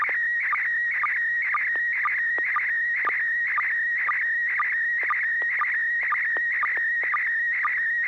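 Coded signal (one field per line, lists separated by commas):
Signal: SSTV (slow-scan television)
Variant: PD120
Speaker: go ahead and send a picture when you're ready Joel thank you in 6mf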